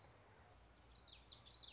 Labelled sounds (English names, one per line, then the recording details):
Common Yellowthroat
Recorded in Sonoma County, California